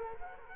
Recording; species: mosquito wingbeat signal from an infrared sensor; Culex quinquefasciatus